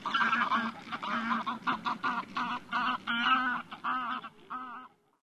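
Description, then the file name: Greylag goose honking in a rapid run of harsh nasal calls, repeated almost without pause. "Graugans"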